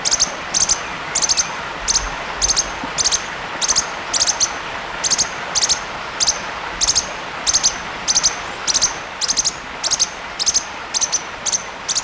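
Bird repeating high, clipped chirps in pairs, regularly spaced throughout, a little less than twice a second, with a steady hissing noise underneath.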